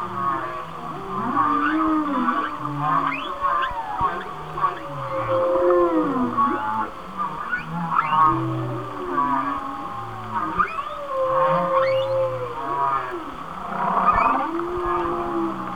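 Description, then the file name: Whale song with dense layers of groaning, wavering moans and upswept squeals overlapping continuously, some low pulsed grunts beneath. "Whale Songs- Mike Mc Donald"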